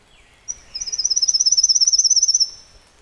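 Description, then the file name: Pale-legged leaf warbler song: a short thin note, then a very high, rapid, insect-like pulsed trill lasting about two seconds, growing slightly louder before stopping abruptly. "warbler-pale-legged-leaf a-Phylloscopus-tenellipes"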